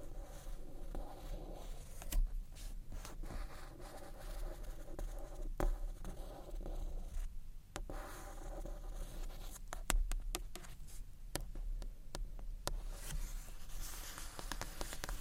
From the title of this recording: Gentle SCRATCHY TAPPING on BOOKS